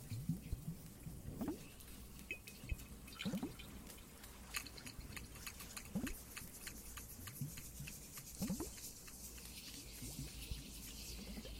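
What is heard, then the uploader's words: Water drips and trickles with a cave ambience: low, rounded plinks land irregularly about every one to two seconds. Between them, fine bright crackles and clicks scatter steadily, thickening after the middle, like a fire snapping under the dripping. Some more Cave ASMR, Water and Fireplace added.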